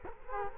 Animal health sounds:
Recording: mosquito wingbeat signal from an infrared sensor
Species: Culex quinquefasciatus

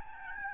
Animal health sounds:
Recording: mosquito wingbeat signal from an infrared sensor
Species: Aedes albopictus

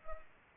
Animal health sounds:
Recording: mosquito wingbeat signal from an infrared sensor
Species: Culex pipiens

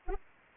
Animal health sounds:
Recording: mosquito wingbeat signal from an infrared sensor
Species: Anopheles arabiensis

